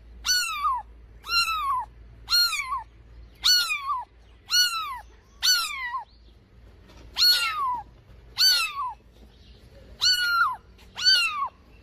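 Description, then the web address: Myna calls: a long series of harsh, downward-sweeping, overtone-rich notes, each under a second, with little else audible. "animal-sound myna-sound"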